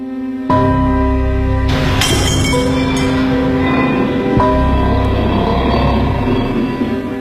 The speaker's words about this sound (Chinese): 山城的第一天，毛泽东就失手打碎了一只盖碗茶杯